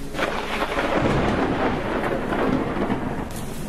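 A loud thunderclap from a lightning strike in the garden of a house erupts into a heavy, sustained rumble lasting several seconds, with a steady hiss of rain beneath it and no voices.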